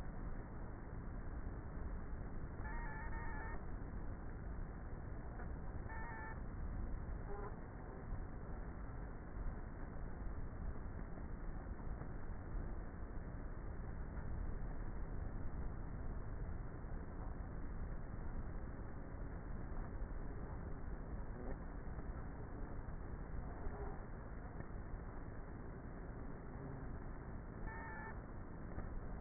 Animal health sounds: honeybee colony, microphone inside the hive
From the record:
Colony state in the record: queenless with a low population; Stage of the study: before two queens were removed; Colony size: about 30,000 bees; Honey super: no

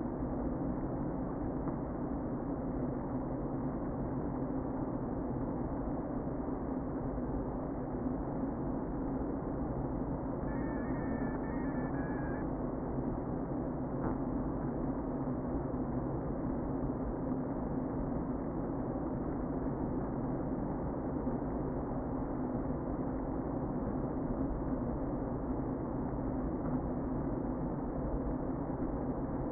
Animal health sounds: honeybee colony, microphone inside the hive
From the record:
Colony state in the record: queen present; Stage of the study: before two queens were removed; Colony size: about 60,000 bees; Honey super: yes

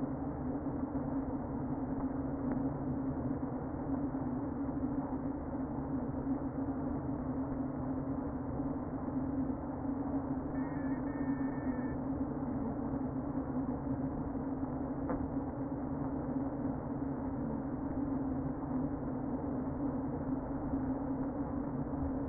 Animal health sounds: honeybee colony, microphone inside the hive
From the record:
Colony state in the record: queen present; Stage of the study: before two queens were removed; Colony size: about 60,000 bees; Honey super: yes

